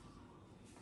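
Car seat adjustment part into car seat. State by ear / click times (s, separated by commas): not seated / none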